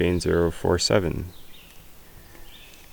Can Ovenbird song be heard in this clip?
no